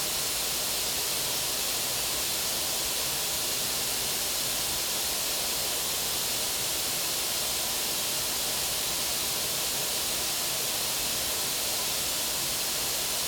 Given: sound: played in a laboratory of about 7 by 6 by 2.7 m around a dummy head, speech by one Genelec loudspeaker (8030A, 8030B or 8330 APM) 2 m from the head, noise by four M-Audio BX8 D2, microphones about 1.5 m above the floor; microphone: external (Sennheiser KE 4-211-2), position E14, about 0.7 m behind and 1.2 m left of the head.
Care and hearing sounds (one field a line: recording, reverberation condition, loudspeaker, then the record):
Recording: white noise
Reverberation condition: medium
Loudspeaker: four, about 170 cm from the corners of the room and facing them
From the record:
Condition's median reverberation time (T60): about 510 ms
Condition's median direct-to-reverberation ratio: about -0.5 dB